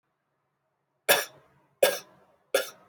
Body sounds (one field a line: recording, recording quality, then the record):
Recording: shallow voluntary cough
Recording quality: excellent, no background noise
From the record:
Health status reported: healthy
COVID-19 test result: negative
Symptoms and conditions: none ticked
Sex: male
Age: 23 years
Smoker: not ticked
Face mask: not worn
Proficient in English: yes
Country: United States